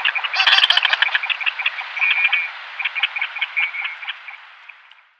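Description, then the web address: Goosander display call: a rapid, uneven series of short croaking, twangy notes, dense at first and fading toward the end. "Schulze Peter Goosander display"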